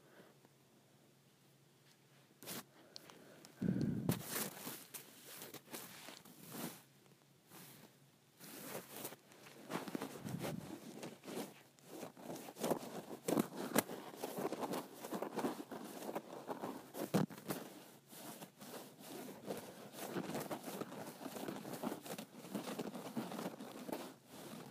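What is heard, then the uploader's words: A cord is scraped: dense, uneven bursts of rough rasping run from about 2 seconds on, with sharp clicks near 4 and 17 seconds. The strokes are bright, busiest between 8 and 20 seconds, with short pauses between them. ASMR Scraping the Cord of my iPhone Charger.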